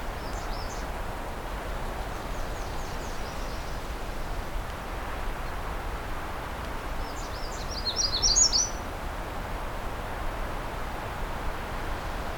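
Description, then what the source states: Magnolia Warbler giving short high twittering phrases, the last one louder, against continuous steady background noise. Recorded close up in the afternoon, when songs are less dense, heading north from a cottage community toward a nature reserve, through black spruce with a little birch.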